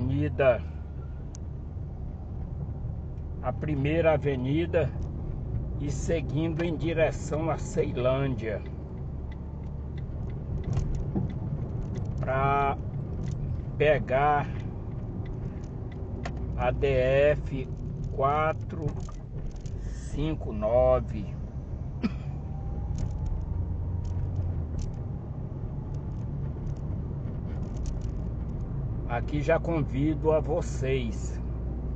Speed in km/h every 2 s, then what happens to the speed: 29, 32, 37, 41, 43, 40, 39, 37, 23, 18, 28, 37, 41, 45, 46, 47.
0-6 speeds up to 41. 6-13 steady at about 40. 13-17 brakes to 18. 18-32 speeds up to 47.